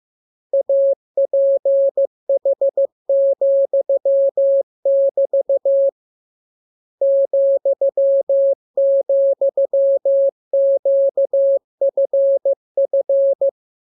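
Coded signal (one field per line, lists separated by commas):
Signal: Morse code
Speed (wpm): 15 wpm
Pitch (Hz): 550 Hz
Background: none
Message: APH,<BT> ,,QFF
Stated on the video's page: Morse code lesson 30 on letters, numbers and punctuation; radiogram opens with VVV and a section sign, ends with AR.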